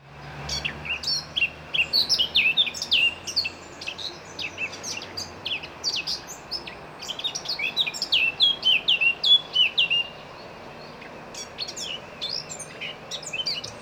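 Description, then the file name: Eurasian blackcap song: long, fast chattering warble of high scratchy and whistled notes in quick bursts, several phrases with short gaps, over a faint low hum. "Sylvia atricapilla"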